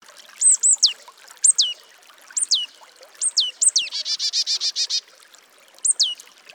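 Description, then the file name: Marsh Tit calling: sharp, steeply downslurred high notes, often paired, repeated throughout, with one rapid buzzy run of notes in the second half. "Poecile palustris"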